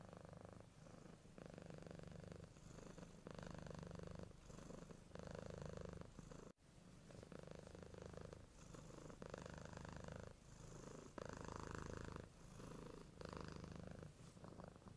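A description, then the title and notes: A cat purrs in a steady, low, rumbling stream, with the rhythm of its breathing showing as regular pulses about every second or so. A brief dropout occurs near six and a half seconds before the purring resumes unchanged. ASMR with my cats massaging, purring, cuddling.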